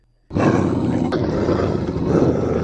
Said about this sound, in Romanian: Cei 9 câini uriași trepidând în jurul lui și scoțând mârâituri care dădeau tuturor animalelor fiori pe spinare.